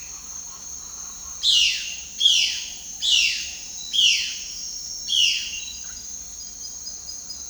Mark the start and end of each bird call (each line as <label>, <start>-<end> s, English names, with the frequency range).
Violaceous Jay (1.5-14.2 kHz), 1.42-5.68 s